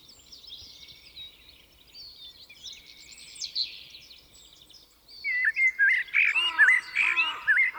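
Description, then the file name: Common blackbird giving a run of loud, rich warbling notes with repeated up-and-down swoops in the second half, after soft high twitters from other birds. "Turdus merula"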